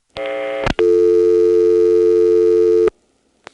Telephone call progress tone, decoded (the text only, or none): dial tone